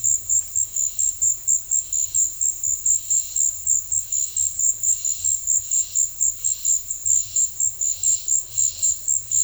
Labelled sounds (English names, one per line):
none